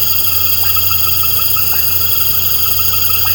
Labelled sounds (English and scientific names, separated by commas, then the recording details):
none
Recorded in pastures near Puerto Asís, Putumayo, Colombia, on 13 March 2025 at 19:30
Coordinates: 0.466, -76.322
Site CSA-02